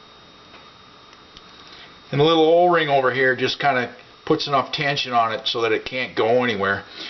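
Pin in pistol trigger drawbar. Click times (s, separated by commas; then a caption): 1.4 s. A small pin is pushed up and lined up in a Beretta pistol's trigger drawbar until it pops into place with a faint click at 1.4 s, where it is held by the tension of an O-ring. Someone then talks from about 2.1 s to the end, and the pin is seated.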